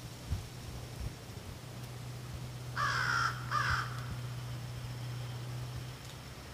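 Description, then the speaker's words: American Crow calls, two rough caws close together midway, over a constant low hum. American crow cawing; crows often seen in groups. "Did you hear the American crow cawing in the latest nature sound?"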